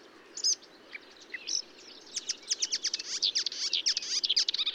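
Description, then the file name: Marsh warbler song, scattered high notes building into a dense, rapid run of chattering chirps and mimicked phrases over a faint low hum. Recorded at Bonnevaux on 31 May 2009 at 05:35. "Rousserolle verderolle 20090531 0535 25 Bonnevaux"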